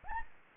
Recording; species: mosquito wingbeat signal from an infrared sensor; Anopheles arabiensis